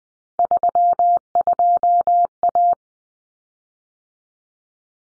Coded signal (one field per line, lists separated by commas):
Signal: Morse code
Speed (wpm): 20 wpm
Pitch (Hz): 700 Hz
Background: none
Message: 32A